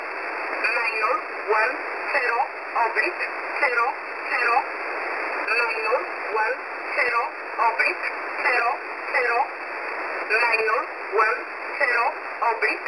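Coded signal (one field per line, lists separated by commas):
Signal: numbers station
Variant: E11 Oblique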